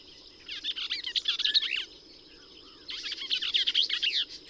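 Bell's vireo song: two hurried, buzzy, tumbling warbled phrases about a second and a half each, separated by a short pause, over light hiss.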